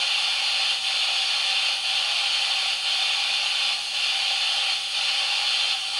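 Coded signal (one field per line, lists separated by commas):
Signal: radio time signal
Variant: DCF77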